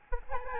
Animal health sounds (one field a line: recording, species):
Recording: mosquito wingbeat signal from an infrared sensor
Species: Aedes albopictus